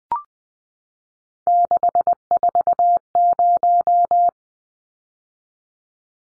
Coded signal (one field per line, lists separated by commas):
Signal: Morse code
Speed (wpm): 20 wpm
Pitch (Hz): 700 Hz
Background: none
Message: 640